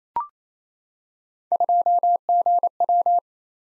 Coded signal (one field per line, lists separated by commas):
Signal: Morse code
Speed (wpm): 29 wpm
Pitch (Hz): 700 Hz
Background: none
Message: 2GW